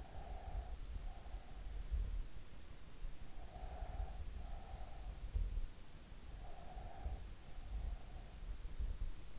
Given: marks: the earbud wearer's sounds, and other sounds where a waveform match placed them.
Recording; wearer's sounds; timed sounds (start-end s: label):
sounds in sleep by an in-ear microphone; breath
0.00-1.52 s: breath
3.05-4.90 s: breath
6.25-7.95 s: breath